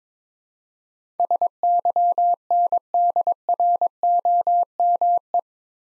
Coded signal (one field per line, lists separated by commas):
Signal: Morse code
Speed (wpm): 21 wpm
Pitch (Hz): 700 Hz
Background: none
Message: SYNDROME